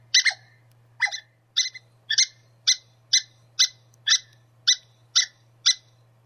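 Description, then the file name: Squirrel chattering: rough, buzzy chips repeated about twice a second over a constant low hum. "suara-bajing omkicau"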